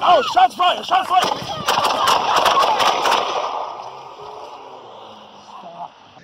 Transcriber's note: gun firing